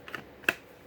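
A fixed-blade knife is pushed into a molded kydex sheath that is part of a three-knife rig. A couple of faint ticks come at about 0.1 and 0.2 seconds. Then a sharp, well-defined snap at 0.5 seconds seats the knife into its retention, with good retention both ways and a slightly more defined click than the previous sheath.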